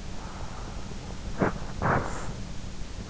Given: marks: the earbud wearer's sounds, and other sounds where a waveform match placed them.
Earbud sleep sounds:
sounds in sleep by an in-ear microphone; breath, body movement
0.00-0.97 s: breath
1.24-2.27 s: body movement

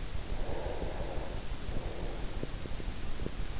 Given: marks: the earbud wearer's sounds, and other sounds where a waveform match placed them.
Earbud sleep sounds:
sounds in sleep by an in-ear microphone; breath
0.14-3.01 s: breath

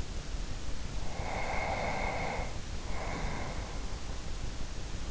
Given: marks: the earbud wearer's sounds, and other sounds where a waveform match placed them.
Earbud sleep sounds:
sounds in sleep by an in-ear microphone; breath
1.10-4.01 s: breath

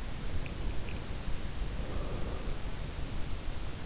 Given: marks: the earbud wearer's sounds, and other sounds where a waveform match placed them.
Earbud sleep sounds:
sounds in sleep by an in-ear microphone; breath
0.04-3.30 s: breath

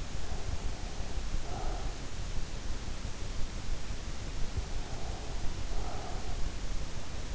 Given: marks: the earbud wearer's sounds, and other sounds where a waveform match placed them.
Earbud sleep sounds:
sounds in sleep by an in-ear microphone; breath
0.14-2.06 s: breath
4.30-6.57 s: breath

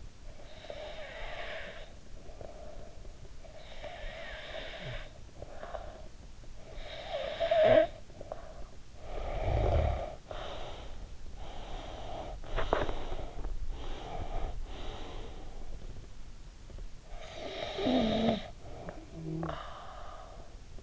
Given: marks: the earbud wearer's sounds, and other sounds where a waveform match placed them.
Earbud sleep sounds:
sounds in sleep by an in-ear microphone; breath, snoring breath
0.07-6.39 s: breath
6.44-8.87 s: snoring breath
8.87-20.83 s: breath

